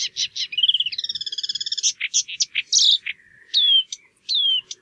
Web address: geluiden bosrietzanger